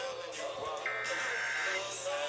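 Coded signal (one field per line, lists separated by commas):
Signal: Emergency Alert System (SAME) tones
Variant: header bursts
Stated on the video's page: North Carolina Required Monthly Tests captured live at night.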